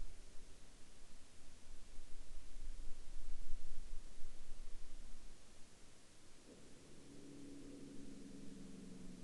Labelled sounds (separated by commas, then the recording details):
man-made sound
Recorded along the Dalton Highway, Alaska, on 13 April 2019 at 14:13
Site 06